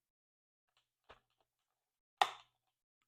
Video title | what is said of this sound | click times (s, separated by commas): CLDream Spray Mop Honest Review | until you hear a click and I heard a click | 2.2 s